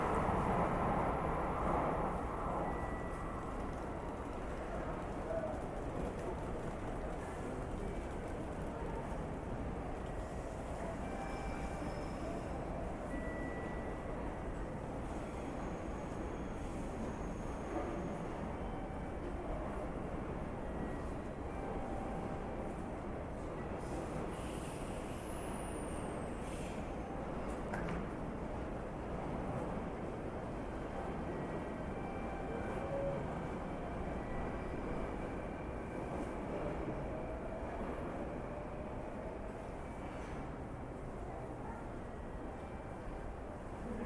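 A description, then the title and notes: Trains and station activity make a steady, dense low rumble that holds at an even level for the whole stretch. Faint tones and brief clicks come and go above it, with a short rising squeal near the middle and a murmur of activity throughout. TRAIN STATION IN JAPAN AMBIENCE.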